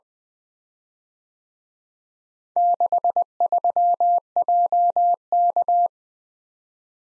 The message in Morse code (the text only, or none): 63JK